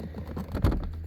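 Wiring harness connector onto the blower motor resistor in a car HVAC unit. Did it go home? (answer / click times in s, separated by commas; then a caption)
no / none. A keyed plastic wiring harness connector is pushed onto the blower motor resistor in the HVAC unit of a Tiguan MK1, producing only brief handling and contact noises. The connector has not clicked in or seated with a latch click.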